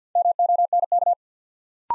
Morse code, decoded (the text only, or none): MONK